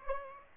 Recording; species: mosquito wingbeat signal from an infrared sensor; Aedes aegypti